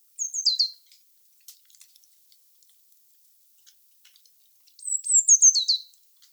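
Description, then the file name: Eurasian blue tit: a brief high phrase stepping downward at the start, faint clicks, then a longer high phrase stepping down in pitch. "Cyanistes caeruleus"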